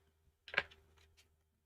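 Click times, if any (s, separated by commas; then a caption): none. A metal cutting die is pressed into a plastic embossing folder on a second attempt, making a sharp plastic-and-metal tap around 0.5–0.6 s followed by lighter rattles near 0.7, 1.0 and 1.2 s. Nothing has clicked into place yet, because it is the wrong die.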